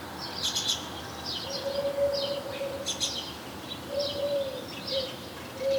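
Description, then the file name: European goldfinch, clusters of sharp, tinkling chirps every second or so, with a thin low whistle-like tone sounding intermittently underneath. "Carduelis carduelis"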